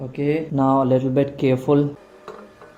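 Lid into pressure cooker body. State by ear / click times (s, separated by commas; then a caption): seated / 2.3 s, 2.6 s. Someone talks while carefully closing and turning the metal lid of a pressure cooker, used as an electrolysis cell, into the cooker body. Two short clicks follow at 2.3 s and 2.6 s as the lid locks fully shut.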